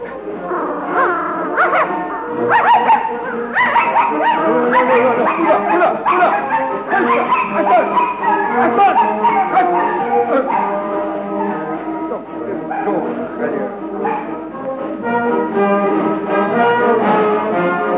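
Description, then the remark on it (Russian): Kashtanka, the young red dachshund-mongrel mix dog of Chekhov's story, barks and whimpers over and over as a regiment comes down the street with music, high, whiny yelps running into one another in a loud, steady stream that barely pauses. “Каштанка — молодая рыжая собака, помесь таксы с дворняжкой.”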